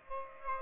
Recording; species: mosquito wingbeat signal from an infrared sensor; Aedes aegypti